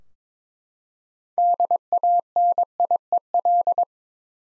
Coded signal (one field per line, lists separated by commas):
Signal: Morse code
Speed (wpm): 22 wpm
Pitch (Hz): 700 Hz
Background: none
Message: DANIEL